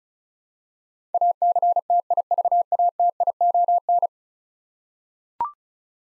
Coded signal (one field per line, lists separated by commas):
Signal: Morse code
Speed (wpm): 36 wpm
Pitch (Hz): 700 Hz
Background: none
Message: ACTIVATION